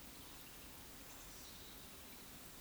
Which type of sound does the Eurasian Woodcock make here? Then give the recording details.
whistle, croak. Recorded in Baden-Württemberg, Germany, on 16 June 2021 at 20:00 UTC. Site 18672, 474 m above sea level